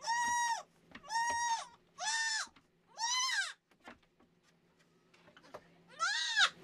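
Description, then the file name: Goat kid bleating: four bleats about once a second, then a pause with faint handling noises and a final rising-falling bleat. Female goat kid in a disbudding box; head let cool briefly before the other horn bud is done. "How to Disbud a Goat Kid"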